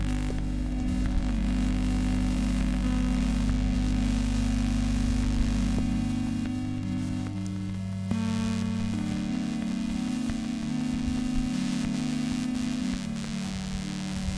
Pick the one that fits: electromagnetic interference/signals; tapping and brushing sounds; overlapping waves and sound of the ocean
electromagnetic interference/signals